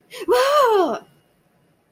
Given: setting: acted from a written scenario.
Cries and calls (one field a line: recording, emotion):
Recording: vocal sound without words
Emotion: negative surprise